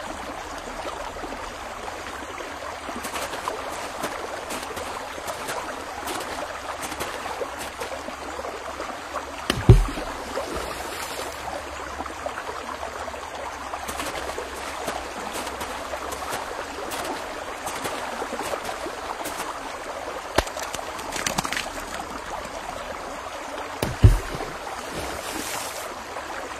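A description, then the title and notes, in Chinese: Water plays along a riverbank, a steady, dense rush of flowing water filling the scene throughout. Brief splashes and knocks break through now and then, with sharper thumps near ten seconds and again around twenty-four seconds. 河滩上玩水的慢时光。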